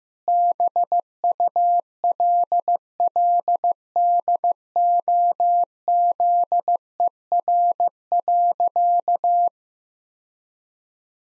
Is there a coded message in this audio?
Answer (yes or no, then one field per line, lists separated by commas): yes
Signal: Morse code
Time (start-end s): 0.3-9.5 s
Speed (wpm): 15 wpm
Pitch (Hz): 700 Hz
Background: none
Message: BULLDOZER.